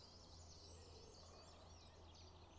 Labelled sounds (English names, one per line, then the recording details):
Great Spotted Woodpecker
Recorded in Germany
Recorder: ecoPi